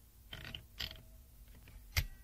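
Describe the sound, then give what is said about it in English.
A few mechanical clacks from a typewriter, spaced unevenly, with a sharper, brighter strike near the end. It's fairly quiet overall, and no one speaks. “Listen, is that a telephone? No, it's not. What is it? It's a typewriter.”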